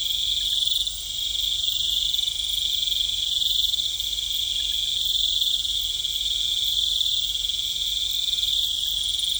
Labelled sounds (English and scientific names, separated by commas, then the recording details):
none
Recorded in pastures near Puerto Asís, Putumayo, Colombia, on 20 December 2024 at 18:30
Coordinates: 0.472, -76.329
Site G072